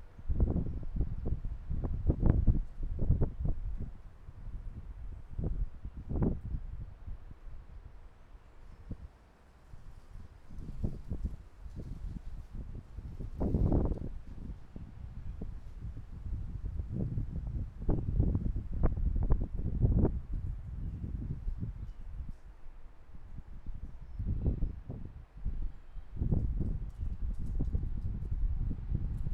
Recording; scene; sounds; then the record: everyday scene through a hearing-aid microphone; wind on the microphone; squally wind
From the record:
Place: parking lot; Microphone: behind the ear, left, front